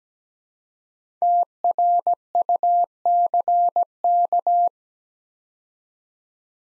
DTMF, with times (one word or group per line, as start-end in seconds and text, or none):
none